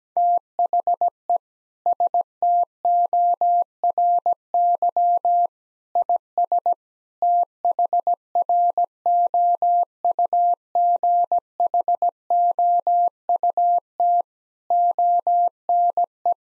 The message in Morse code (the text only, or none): THE STORY IS THROUGHOUT ONE